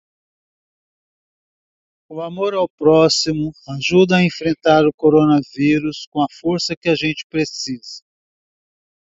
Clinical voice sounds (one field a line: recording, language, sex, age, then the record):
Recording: spoken sentence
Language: Brazilian Portuguese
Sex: male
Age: 60 to 69 years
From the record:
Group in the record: control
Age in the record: 67 years